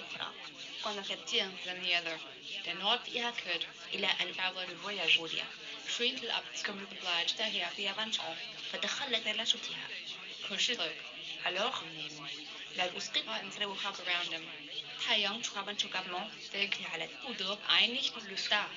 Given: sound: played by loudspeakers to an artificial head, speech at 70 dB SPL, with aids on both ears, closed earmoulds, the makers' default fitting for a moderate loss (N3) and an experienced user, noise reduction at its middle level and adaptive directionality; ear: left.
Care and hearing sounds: speech test signal (ISTS) in cocktail-party noise; +9 dB; in front (0 degrees)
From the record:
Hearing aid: class 1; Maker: G

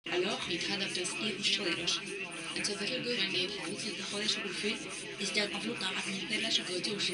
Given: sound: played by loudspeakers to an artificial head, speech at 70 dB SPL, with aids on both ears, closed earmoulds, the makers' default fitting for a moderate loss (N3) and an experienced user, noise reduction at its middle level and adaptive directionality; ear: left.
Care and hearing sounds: speech test signal (ISTS) in cocktail-party noise; +3 dB; on the right (90 degrees)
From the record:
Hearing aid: class 2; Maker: B

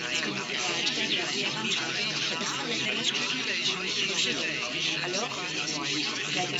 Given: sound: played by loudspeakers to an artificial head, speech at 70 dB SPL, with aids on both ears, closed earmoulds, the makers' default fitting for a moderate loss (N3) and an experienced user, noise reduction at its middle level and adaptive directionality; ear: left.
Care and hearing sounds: speech test signal (ISTS) in cocktail-party noise; -6 dB; in front (0 degrees)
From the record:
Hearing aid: class 1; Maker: A

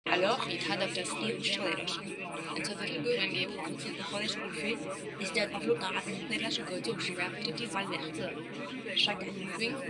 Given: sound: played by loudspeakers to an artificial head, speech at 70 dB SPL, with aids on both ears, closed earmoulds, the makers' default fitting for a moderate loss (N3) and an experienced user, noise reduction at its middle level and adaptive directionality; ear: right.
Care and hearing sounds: speech test signal (ISTS) in cocktail-party noise; -6 dB; on the right (90 degrees)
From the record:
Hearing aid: class 2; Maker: C

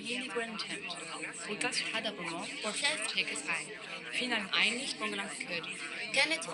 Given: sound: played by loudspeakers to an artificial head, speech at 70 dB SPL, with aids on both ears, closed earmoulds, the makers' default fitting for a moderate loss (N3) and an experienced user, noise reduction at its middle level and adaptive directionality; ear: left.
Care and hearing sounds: speech test signal (ISTS) in cocktail-party noise; -6 dB; in front (0 degrees)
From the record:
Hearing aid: class 2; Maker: I

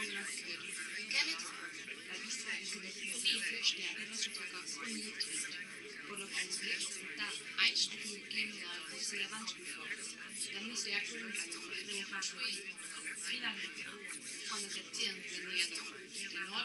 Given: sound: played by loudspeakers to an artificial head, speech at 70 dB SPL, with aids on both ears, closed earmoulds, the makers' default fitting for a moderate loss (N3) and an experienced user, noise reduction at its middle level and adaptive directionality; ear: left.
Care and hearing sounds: speech test signal (ISTS) in cocktail-party noise; -3 dB; on the right (90 degrees)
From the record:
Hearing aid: class 2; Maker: J

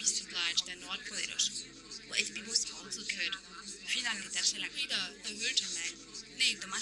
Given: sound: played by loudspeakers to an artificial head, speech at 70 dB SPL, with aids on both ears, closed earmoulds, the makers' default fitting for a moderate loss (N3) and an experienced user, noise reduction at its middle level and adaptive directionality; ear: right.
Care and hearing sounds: speech test signal (ISTS) in cocktail-party noise; -3 dB; on the right (90 degrees)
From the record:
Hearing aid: class 1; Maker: H

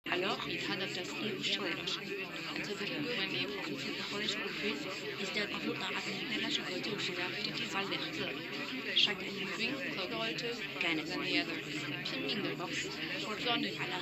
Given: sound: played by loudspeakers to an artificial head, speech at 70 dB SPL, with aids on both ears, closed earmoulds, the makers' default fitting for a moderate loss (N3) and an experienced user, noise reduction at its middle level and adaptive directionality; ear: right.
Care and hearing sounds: speech test signal (ISTS) in cocktail-party noise; -3 dB; in front (0 degrees)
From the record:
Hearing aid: class 1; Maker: D

